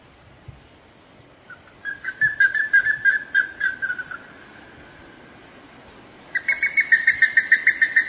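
Plumbeous ibis giving rapid runs of harsh, nasal pulsed notes, one burst fading out, then a second burst after a pause.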